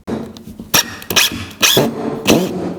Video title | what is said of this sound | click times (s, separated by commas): 7 Mistakes Beginners Make with Screws (and how to AVOID them!) | Oh man, it's stripped out. | 1.0 s, 1.1 s